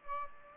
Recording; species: mosquito wingbeat signal from an infrared sensor; Aedes aegypti